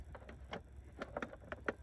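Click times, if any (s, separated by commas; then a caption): none. A plastic instrument cluster bezel for a 1999–2007 NBS truck is handled against the dashboard after the cluster has been recalibrated and refitted, producing a series of light plastic ticks and taps. Two sharper, louder hits stand out near 1.5 and 1.7 seconds, but the clip ends before the bezel is pressed home, so nothing has seated or clicked yet.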